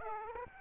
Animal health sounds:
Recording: mosquito wingbeat signal from an infrared sensor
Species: Aedes aegypti

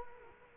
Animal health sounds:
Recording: mosquito wingbeat signal from an infrared sensor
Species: Culex quinquefasciatus

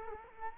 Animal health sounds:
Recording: mosquito wingbeat signal from an infrared sensor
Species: Culex quinquefasciatus

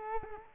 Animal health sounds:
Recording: mosquito wingbeat signal from an infrared sensor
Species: Culex quinquefasciatus

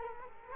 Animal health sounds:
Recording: mosquito wingbeat signal from an infrared sensor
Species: Culex quinquefasciatus

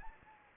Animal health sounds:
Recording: mosquito wingbeat signal from an infrared sensor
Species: Anopheles gambiae

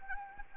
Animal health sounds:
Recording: mosquito wingbeat signal from an infrared sensor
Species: Anopheles arabiensis

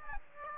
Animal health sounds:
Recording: mosquito wingbeat signal from an infrared sensor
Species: Aedes aegypti

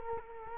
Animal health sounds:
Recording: mosquito wingbeat signal from an infrared sensor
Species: Culex quinquefasciatus

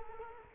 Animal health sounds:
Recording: mosquito wingbeat signal from an infrared sensor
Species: Culex quinquefasciatus

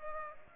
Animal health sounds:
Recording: mosquito wingbeat signal from an infrared sensor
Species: Culex pipiens

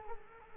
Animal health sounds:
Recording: mosquito wingbeat signal from an infrared sensor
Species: Culex quinquefasciatus

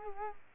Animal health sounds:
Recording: mosquito wingbeat signal from an infrared sensor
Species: Culex quinquefasciatus

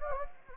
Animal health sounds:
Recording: mosquito wingbeat signal from an infrared sensor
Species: Anopheles gambiae

